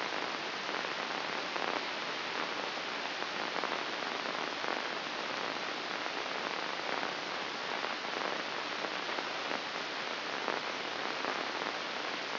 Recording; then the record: brain microelectrode recording played as sound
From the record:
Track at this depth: inside the subthalamic nucleus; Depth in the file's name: 3.741 mm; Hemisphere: right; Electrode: 2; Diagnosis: Parkinson's disease